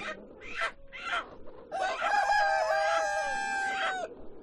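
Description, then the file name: Chicken sounds: short clucks at the start, then a long sustained rooster crow holding a steady tone for about two seconds before dropping off. Chickens recorded at a chicken farm. "west wolf Chicken farm"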